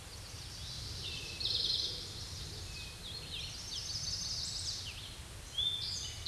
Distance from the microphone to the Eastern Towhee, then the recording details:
about 35 m. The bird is about 5 m above the microphone. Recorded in a Pennsylvania forest on 16 May 2024 at 09:48. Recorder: AudioMoth, point MSD-1338. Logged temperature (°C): 12.6 °C. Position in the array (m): 106 m, 8 m